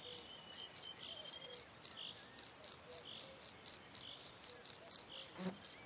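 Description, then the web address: Cricket chirping in a steady run of short, high, ringing pulses, roughly four every second, continuing unbroken throughout over a quiet background. "Kurs PTTK Przyroda Ptaki Świerszcze"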